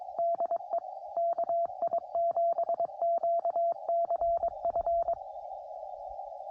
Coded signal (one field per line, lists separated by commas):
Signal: Morse code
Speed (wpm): 22 wpm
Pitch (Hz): 680 Hz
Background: radio noise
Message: DE KI7QCF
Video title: 100% Homebrew POTA Activation